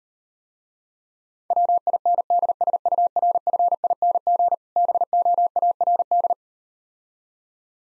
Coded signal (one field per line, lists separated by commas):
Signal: Morse code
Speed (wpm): 39 wpm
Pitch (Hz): 700 Hz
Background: none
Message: WINDSURFING BOARD